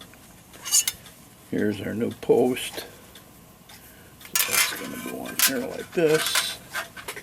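During a clock movement repair, a new metal dial foot post is handled and positioned by hand against the clock movement plate while someone talks. Light metallic taps and handling sounds are heard, with a sharp hit around 0.9 s. The clip ends before the post goes home, so nothing has seated or clicked yet.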